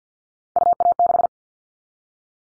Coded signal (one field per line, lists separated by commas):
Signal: Morse code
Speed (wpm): 50 wpm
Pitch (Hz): 700 Hz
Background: none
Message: UA6